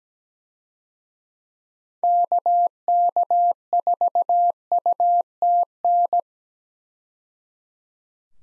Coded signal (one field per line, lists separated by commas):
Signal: Morse code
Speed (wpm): 17 wpm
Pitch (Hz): 700 Hz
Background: none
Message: KK4UTN